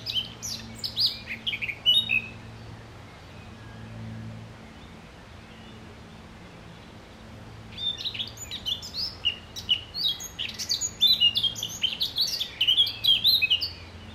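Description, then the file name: Eurasian blackcap sings a short warbled phrase, falls silent for several seconds, then resumes with a longer, livelier run of high notes. "Sylvia atricapilla"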